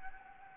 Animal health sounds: mosquito wingbeat signal from an infrared sensor; Anopheles gambiae

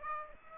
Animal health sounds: mosquito wingbeat signal from an infrared sensor; Aedes aegypti

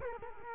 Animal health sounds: mosquito wingbeat signal from an infrared sensor; Culex quinquefasciatus

